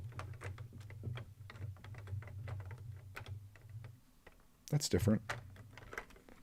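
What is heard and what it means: Someone tries again to press a plastic brick seat between the plates of a brick model, producing a run of sharp little ticks and taps over a low hum that fades out around 4 s. A louder rustling burst follows between about 4.7 and 5.2 s while someone talks. The seat does not go in, and nothing has seated or clicked yet.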